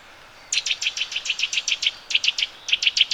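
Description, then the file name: Eurasian nuthatch giving rapid series of sharp, high piping notes in three bursts separated by short pauses; quiet background. "Sitta europaea"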